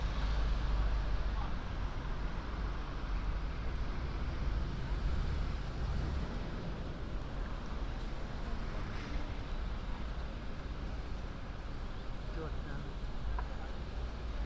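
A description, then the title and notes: A London street on New Year's Eve, filled with a steady, dense roar of traffic and vehicles passing, heaviest and deepest in the first six seconds. Faint snatches of voices come and go underneath, with a brief sharp hiss near the nine-second mark. A walk around London, new years eve.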